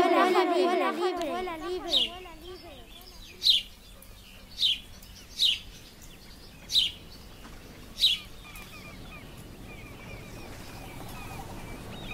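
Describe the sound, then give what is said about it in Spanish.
Birds chirping: a warbling, wavering call at the start, then six sharp, high chirps at irregular intervals over a soft, steady background hiss. “El pájaro vuela libre.”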